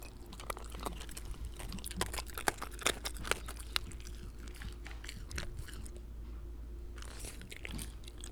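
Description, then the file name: Shiba Inu eating, with irregular crunchy bites and sharp chewing clicks over a steady low hum. Shiba Inu dog recorded while eating. "柴犬の食事中"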